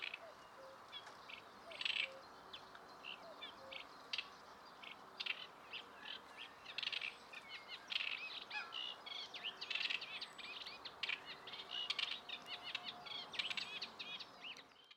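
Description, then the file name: Bird chirps, trills and short whistled notes repeating throughout, over steady low background noise. Recorded in Berlin Buch. "Frogs Birds and bikes in Berlin Buch"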